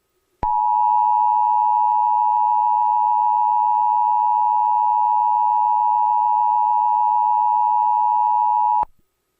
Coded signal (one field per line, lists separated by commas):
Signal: Emergency Alert System (SAME) tones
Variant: 853 and 960 Hz attention tone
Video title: Emergency Alert System 11/09/11 November 09 2011